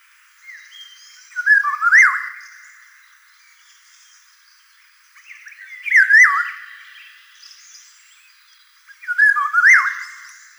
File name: Oriolus oriolus